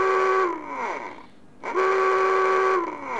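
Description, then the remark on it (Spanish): Two short blasts of a loud, horn-like marine air-raid alarm. Each steady, buzzy tone swoops up at the start and sags downward in pitch as it fades, with a brief pause between them. “Alarma corta. Alarma marina aérea.”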